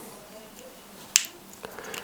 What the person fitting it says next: Now it's inserted until it clicks.